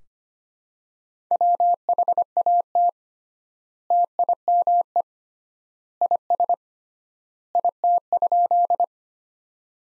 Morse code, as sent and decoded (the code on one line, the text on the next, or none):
.-- .... .- - / - .. -- . / .. ... / .. - ..--..
WHAT TIME IS IT?